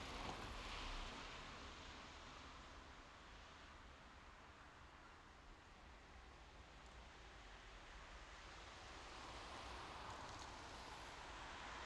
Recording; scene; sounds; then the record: everyday scene through a hearing-aid microphone; in traffic; traffic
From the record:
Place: main road on the outskirts, rush hour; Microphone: in the ear canal, left